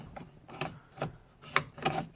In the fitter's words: it takes a little play, but you hear it click.